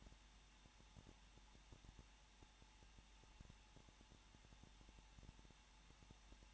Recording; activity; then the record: daily activity, microphone in the room; no activity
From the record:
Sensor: 1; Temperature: 20.1 degrees Celsius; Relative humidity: 39.3%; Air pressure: 1006.4 hPa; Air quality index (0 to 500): 218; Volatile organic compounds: 79 ppm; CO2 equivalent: 3603 ppm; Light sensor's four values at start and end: 1/2/1/1 and 1/2/1/1